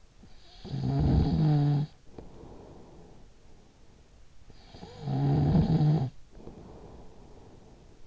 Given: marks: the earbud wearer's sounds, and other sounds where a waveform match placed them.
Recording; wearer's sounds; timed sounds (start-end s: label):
sounds in sleep by an in-ear microphone; snoring breath
0.18-3.86 s: snoring breath
4.12-8.06 s: snoring breath